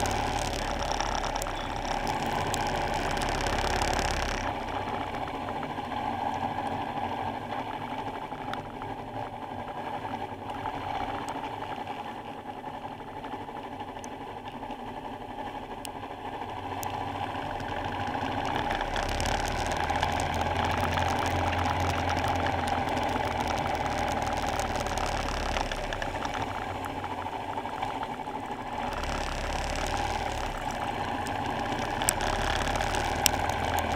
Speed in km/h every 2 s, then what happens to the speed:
29, 27, 23, 21, 18, 16, 11, 11, 21, 26, 27, 26, 21, 15, 18, 23, 29.
0-14 slows to 11. 14-19 speeds up to 27. 19-27 slows to 15. 27-34 speeds up to 29.